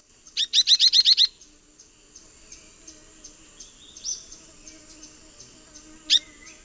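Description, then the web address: Rufous-bellied euphonia calling, a quick burst of about eight sharp high chips in under a second, then one more lone chip some seconds later. Female calls; eastern lowlands of South America. "Natures Songs S America Eastern Lowlands Euphonia rufiventris, calls female"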